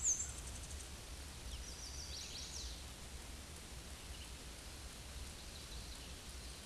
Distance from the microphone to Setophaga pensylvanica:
about 45 m